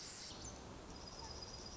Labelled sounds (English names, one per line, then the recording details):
Pacific Wren
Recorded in Sonoma County, California